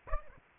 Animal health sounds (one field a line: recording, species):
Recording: mosquito wingbeat signal from an infrared sensor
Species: Aedes aegypti